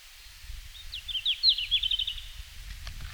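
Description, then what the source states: Red-flanked bluetail song: a brisk phrase of sweet, tumbling notes over a low rumbling background, ending with a couple of faint clicks. Recorded in Finland on 17 June 2019 at 17:00.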